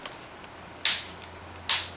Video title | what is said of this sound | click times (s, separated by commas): Как заменить матрицу на ноутбуке Lenovo g505, g500 | не хочет так вот тут сверху значит щёлкнуло всё да вот сверху пошло аккуратненько | 0.9 s, 1.7 s